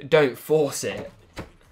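Someone talks while a second RAM module is being pressed into its DIMM slot on a motherboard, without forcing it. A brief, sharp sound comes at about 1.4 s, but the module has not seated or clicked into place yet when the clip ends.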